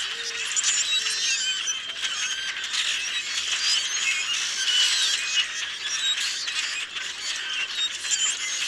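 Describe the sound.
Common grackle flock sounding off: a constant wash of rasping squeals and creaky whistles, with a brief low tonal note near the start.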